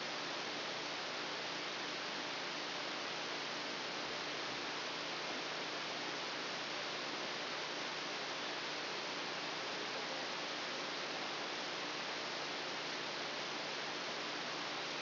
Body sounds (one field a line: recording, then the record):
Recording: brain microelectrode recording played as sound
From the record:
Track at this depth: outside the subthalamic nucleus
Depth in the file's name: -0.683 mm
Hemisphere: left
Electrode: 2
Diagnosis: Parkinson's disease